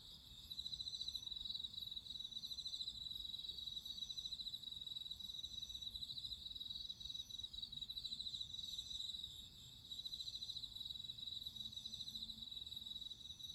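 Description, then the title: Cricket chorus of fast, even high trills in repeated bursts, briefly dipping then resuming, above a quiet low rumble. Crickets singing at midnight. "Listen to nature crickets singing at midnight"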